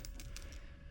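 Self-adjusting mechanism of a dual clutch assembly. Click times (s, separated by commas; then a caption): 0.1 s, 0.2 s, 0.4 s. A Torx bit or small tool is turned in the adjuster of the self-adjusting mechanism on a Ford Focus dual clutch assembly, resetting it before the clutch is reinstalled. Three short, sharp ticks ring out at 0.1, 0.2 and 0.4 seconds over a steady low hum. The adjuster ratchets and clicks into its set position.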